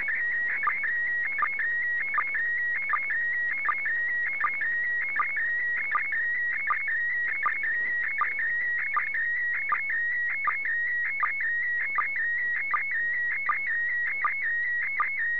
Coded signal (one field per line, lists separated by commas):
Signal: SSTV (slow-scan television)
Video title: SSTV SLOW SCAN TV FROM THE ISS International Space Station 12 04 2015[HD]